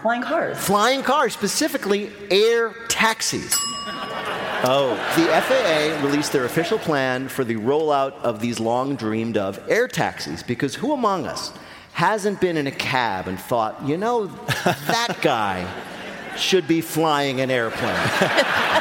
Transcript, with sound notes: Flying cars, specifically air taxis.
(SOUNDBITE OF BELL)
Oh.
The FAA released their official plan for the rollout of these long-dreamed-of air taxis. Because who among us hasn't been in a cab and thought, you know, that guy should be flying an airplane?